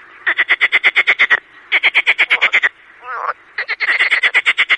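Marsh frog croaking calls in rapid pulsed bursts, each about a second long, three bursts separated by short pauses, with a brief softer grunting note between them.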